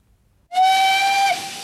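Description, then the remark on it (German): A steam train whistle blows one sustained, steady shriek with bright harmonics over a breathy hiss as the train departs, then tapers slightly near the end. No one speaks. “Lucille, der Zug fährt schon.”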